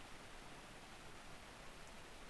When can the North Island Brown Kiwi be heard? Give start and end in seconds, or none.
none